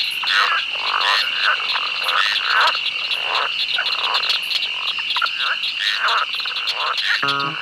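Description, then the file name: Frogs in a dense chorus of rapid clicking croaks, many callers overlapping, over a steady high insect-like trill that runs throughout. "Frosch"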